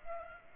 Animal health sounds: mosquito wingbeat signal from an infrared sensor; Aedes aegypti

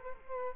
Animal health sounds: mosquito wingbeat signal from an infrared sensor; Culex quinquefasciatus

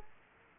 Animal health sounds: mosquito wingbeat signal from an infrared sensor; Culex quinquefasciatus

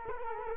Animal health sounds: mosquito wingbeat signal from an infrared sensor; Culex quinquefasciatus

